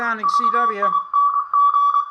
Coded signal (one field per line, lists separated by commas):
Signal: Morse code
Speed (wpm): 23 wpm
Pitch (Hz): 1140 Hz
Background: speech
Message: VING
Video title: Simpleceiver Prototype #1 Fitted as a Part of a CW Transceiver